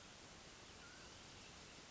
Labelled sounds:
Mountain Quail (Oreortyx pictus)
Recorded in Sonoma County, California

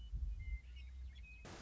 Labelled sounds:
Western Meadowlark (Sturnella neglecta)
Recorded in Sonoma County, California

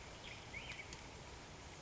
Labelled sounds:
Black-headed Grosbeak (Pheucticus melanocephalus)
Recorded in Sonoma County, California

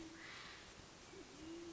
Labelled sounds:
Band-tailed Pigeon (Patagioenas fasciata)
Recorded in Sonoma County, California

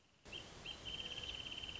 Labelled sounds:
Wrentit (Chamaea fasciata)
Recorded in Sonoma County, California

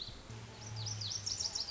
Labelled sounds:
Lazuli Bunting (Passerina amoena)
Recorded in Sonoma County, California

